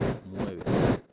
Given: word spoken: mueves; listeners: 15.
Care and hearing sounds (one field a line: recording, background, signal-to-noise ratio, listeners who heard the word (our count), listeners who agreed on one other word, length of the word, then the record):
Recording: one Spanish word in noise, from a listening test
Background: noise modulated by one talker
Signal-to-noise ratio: -13.0 dB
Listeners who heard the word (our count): 2 of 15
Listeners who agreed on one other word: 9 of 15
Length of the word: 0.73 s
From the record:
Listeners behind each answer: 9, 2, 1, 1, 1, 1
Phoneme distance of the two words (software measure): 7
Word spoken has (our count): 2 syllables, 6 phonemes, stress on syllable 1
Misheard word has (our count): 2 syllables, 5 phonemes, stress on syllable 1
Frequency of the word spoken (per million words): 0.68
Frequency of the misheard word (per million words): 28.80